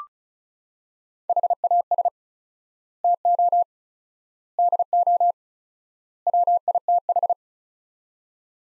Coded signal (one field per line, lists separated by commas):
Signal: Morse code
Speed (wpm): 36 wpm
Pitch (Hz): 700 Hz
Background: none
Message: HAS TO DO WITH